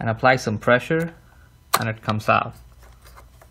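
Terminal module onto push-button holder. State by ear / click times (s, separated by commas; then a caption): seated / 3.2 s, 3.4 s. Someone talks as a plastic terminal module, earlier pried off with a screwdriver, is pushed back onto the holder of a Siemens PROFINET push-button unit. Faint clicks at 3.2 s and 3.4 s confirm the module has attached itself to the holder.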